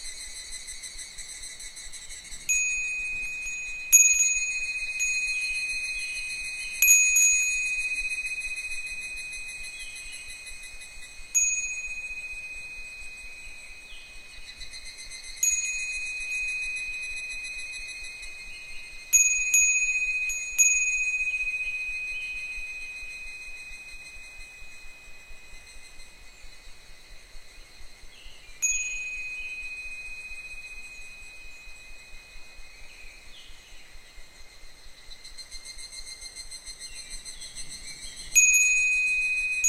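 Wind chimes ring with bright, high metal tones that strike every few seconds, each note sustaining and slowly fading before the next cluster of hits. The strikes come in irregular bursts, denser near the start and end, with a faint ticking underneath and no low sounds.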